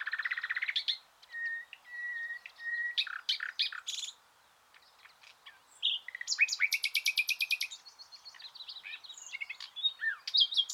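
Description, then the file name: Common nightingale song opening with a series of steady piping whistles, then pauses before loud, fast rattling trills and varied chirps. "Luscinia megarhynchos"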